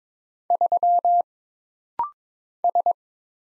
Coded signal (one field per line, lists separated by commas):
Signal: Morse code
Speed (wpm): 22 wpm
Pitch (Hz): 700 Hz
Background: none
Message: 3 S